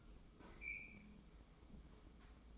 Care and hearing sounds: daily activity, microphone in the room; open fridge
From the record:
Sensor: 1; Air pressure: 995.3 hPa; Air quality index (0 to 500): 25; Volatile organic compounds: 0 ppm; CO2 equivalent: 504 ppm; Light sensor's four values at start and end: 19/61/22/24 and 19/61/22/24

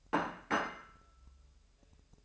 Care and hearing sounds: daily activity, microphone in the room; place plate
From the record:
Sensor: 2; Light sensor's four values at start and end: 8/28/11/10 and 8/28/11/10

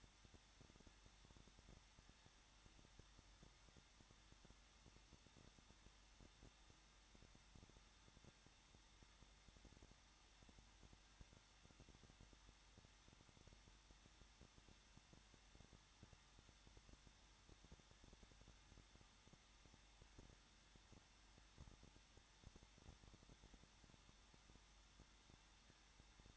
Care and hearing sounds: daily activity, microphone in the room; no activity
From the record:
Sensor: 3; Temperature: 21.2 degrees Celsius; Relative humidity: 36.4%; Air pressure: 1006.4 hPa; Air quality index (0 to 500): 223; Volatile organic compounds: 43 ppm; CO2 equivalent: 3192 ppm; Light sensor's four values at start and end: 2/3/2/2 and 2/3/2/2

